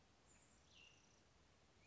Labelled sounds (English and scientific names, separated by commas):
Cassin's Vireo (Vireo cassinii)